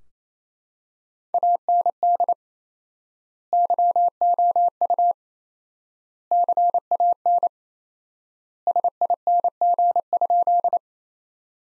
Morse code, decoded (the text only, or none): AND YOU CAN SING?